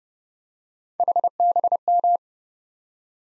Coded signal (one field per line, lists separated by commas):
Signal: Morse code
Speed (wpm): 30 wpm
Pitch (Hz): 700 Hz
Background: none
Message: HBM